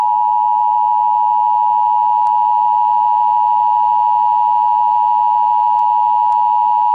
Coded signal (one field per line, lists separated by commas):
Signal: Emergency Alert System (SAME) tones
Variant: 853 and 960 Hz attention tone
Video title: EAS: Jacskon, Wyoming terrorist attack (I)